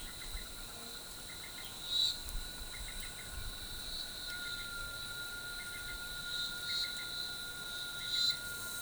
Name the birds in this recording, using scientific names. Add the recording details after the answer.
none. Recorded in forest near Pivijay, Magdalena, Colombia, on 17 April 2023 at 13:00. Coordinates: 10.467, -74.380. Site Z5-G034